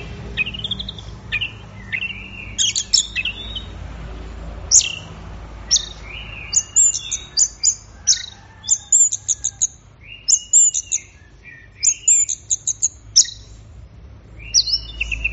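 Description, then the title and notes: Orange-headed thrush in continuous varied song, mixing rising and falling whistles, clear notes and sharp chirps in a lively, nearly unbroken stream. Bird in full, intense song (gacor teler), used for training songbirds; Indonesian name anis merah. "Anis Merah Gacor Teler Untuk. Kumpulan Suara Burung Anis Offline"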